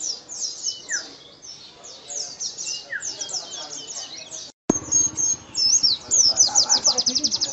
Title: Master Burung Pleci Isian Nobita Raja Nembak Gacor Joss